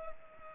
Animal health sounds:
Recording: mosquito wingbeat signal from an infrared sensor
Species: Culex pipiens

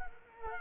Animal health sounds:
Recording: mosquito wingbeat signal from an infrared sensor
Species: Culex quinquefasciatus

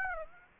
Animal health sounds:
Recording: mosquito wingbeat signal from an infrared sensor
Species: Aedes aegypti

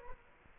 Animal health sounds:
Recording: mosquito wingbeat signal from an infrared sensor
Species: Culex quinquefasciatus

